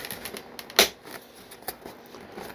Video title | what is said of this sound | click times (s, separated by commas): NEW! AVIOS GRAND TUNDRA V2 UNBOX & BUILD by FGFRC #aviation #airplane | Middle is going to just pop into place. | 0.8 s